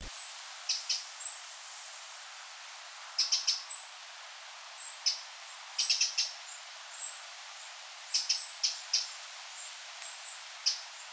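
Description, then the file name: Eurasian wren calls: hard, high, clicking ticks, single or in quick runs of two to four, with thin high whistled notes between them. "Troglodytes troglodytes"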